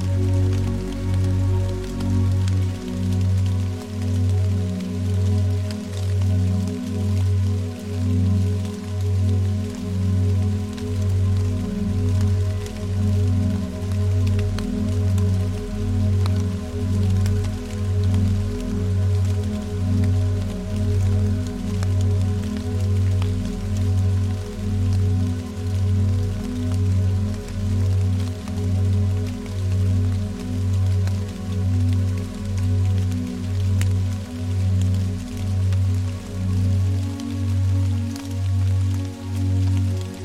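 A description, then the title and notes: Steady rain patters densely and evenly over a low, humming drone that throbs in a slow, regular pulse about once per second throughout. Faint higher tones sit quietly above the hum, and the mix stays unchanged for the whole forty seconds. Delta wave binaural beats and tranquil rain create an atmosphere of relaxation. Binaural Beats with Soothing Rain.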